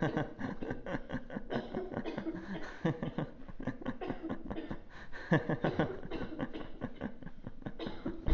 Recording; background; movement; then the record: laughter; a bystander coughing; sitting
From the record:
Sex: male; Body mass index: 22.0 kg/m2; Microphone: on the chest, facing outward